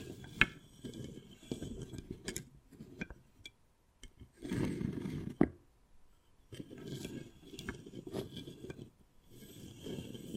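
Wood carving with bursts of scratching and scraping that come and go in uneven patches, separated by short quiet gaps around four and six seconds. Sharp tapping clicks punctuate the scraping, with a few hard knocks near the start and around five seconds.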